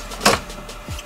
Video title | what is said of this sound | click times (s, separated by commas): MK1 Brainiac FRS/BRZ Installation (OLD) | this plastic is just a snap in place around the stereo so you just gotta kind of to wiggle and pop this out and | 0.3 s